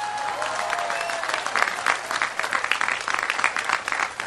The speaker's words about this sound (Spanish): entonces un aplauso para el gobernador.